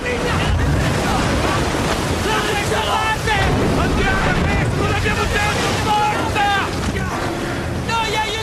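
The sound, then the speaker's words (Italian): A constant, heavy roar of stormy sea and wind in the dark, with lightning and rain around a sinking ship, loud and unbroken, with waves surging throughout and wavering high-pitched cries rising from the ship's deck over the churning water. “Le onde erano sempre più vicine.”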